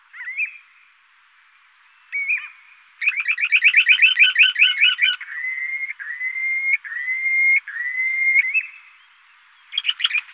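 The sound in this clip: Purple sandpiper calling with short rising whistles, then a rapid stuttering trill of pulsed notes, followed by several drawn-out upslurred whistles and a final burst of trilled notes.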